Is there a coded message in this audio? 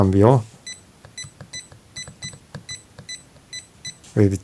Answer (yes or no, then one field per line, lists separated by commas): no